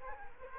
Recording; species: mosquito wingbeat signal from an infrared sensor; Culex quinquefasciatus